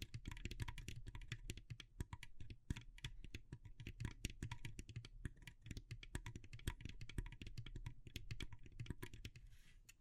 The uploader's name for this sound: Natural Triggers Wood, Bamboo and Straw